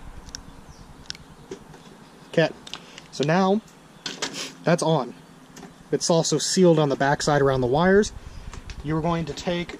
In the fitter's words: there's the click sometimes a little bit more pronounced than others but listen for it again okay